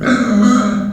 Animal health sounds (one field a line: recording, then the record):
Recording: squeal of a Yucatan mini pig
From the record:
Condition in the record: after surgery on the right vocal fold (resection and tissue-engineered implant)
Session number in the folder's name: 6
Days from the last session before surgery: 40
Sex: female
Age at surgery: 19 weeks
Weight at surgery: 25 kg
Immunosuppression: prednisolone